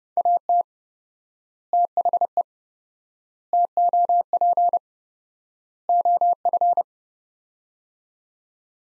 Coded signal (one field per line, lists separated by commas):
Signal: Morse code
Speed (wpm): 30 wpm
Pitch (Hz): 700 Hz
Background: none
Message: AT THE TOP OF